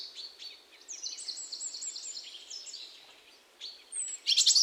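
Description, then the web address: European robin song, a high series of thin whistled notes and warbles over light background hiss, ending with a brief loud burst of high trills. "SETE data Erithacus rubecula"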